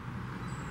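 A metal saw blade is being handled and pushed up toward the blade clamp of a Black & Decker handheld power saw. A steady low rumble and broadband noise fill the clip, with a faint high tone appearing in the second half and no sharp hits. Nothing has seated or clicked yet; the blade is not yet locked home.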